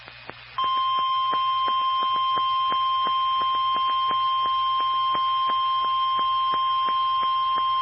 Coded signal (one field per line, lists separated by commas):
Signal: Emergency Alert System (SAME) tones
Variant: 1050 Hz attention tone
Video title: EAS #781-810 (6/18 & 6/19/21)